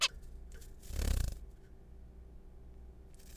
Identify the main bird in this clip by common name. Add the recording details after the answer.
Zebra Finch. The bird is a juvenile. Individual R3428